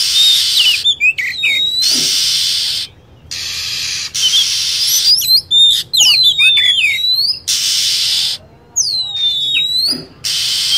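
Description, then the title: Lovebird, rapid shrill chirps and squeaky slides in tumbling flurries, mixed with long bursts of hissing static. Lure sound used to attract lovebirds. "PIKAT BURUNG LOVEBIRD"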